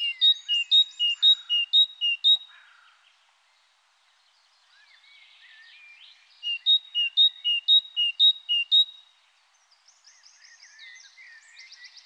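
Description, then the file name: Great tit singing two strophes of repeated sharp two-note phrases, with softer sounds between and afterwards. "Mésange-charbonnière"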